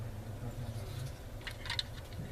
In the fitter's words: it just snaps into place well anyway